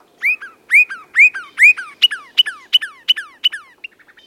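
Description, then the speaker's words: Northern Cardinal song, loud whistled phrases: several slow rising-then-falling notes, then quicker downslurred whistles, ending in a few soft short notes. Whistles loudly and persistently in treetops along the Potomac, early morning. "I have heard the Virginia cardinal whistle so loudly and persistently"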